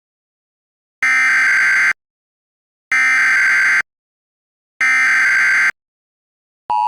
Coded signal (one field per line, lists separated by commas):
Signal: Emergency Alert System (SAME) tones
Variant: header bursts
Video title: EAS Scenario 9: Too Late.EXE